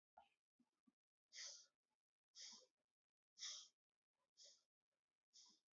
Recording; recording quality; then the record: shallow breathing; excellent, no background noise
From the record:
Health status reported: respiratory illness, not identified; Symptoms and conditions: asthma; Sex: male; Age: 20 years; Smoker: not ticked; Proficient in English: yes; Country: India